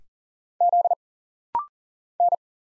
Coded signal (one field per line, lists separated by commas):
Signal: Morse code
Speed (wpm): 40 wpm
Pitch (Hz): 700 Hz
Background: none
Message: Z N